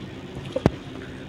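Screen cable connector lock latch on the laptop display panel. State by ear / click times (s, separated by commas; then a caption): seated / 0.6 s, 0.7 s. On a Dell Latitude 3480 laptop, the small lock latch on the display panel's screen (eDP) cable connector is pressed down to secure it. Two sharp clicks come at 0.6 s and 0.7 s, the second louder, over a low steady background. The connector lock snaps shut and the cable is seated and properly fixed.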